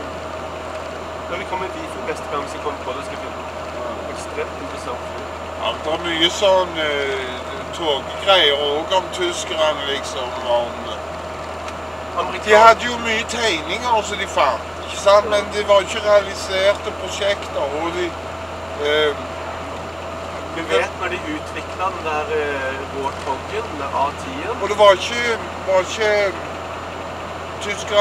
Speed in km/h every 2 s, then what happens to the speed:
73, 72, 72, 72, 72, 72, 72, 73, 74, 75, 75, 76, 76, 76.
0-28 steady at about 73.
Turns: none.